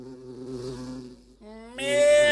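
A bee buzzes with a steady, low droning hum, then the pitch jumps upward in two quick steps and the buzz grows louder and brighter toward the end.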